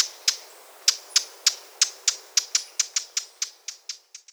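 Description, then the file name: Eurasian blackcap making dry, hard tack notes that start spaced apart, then come faster and softer toward the end. "Sylvia atricapilla"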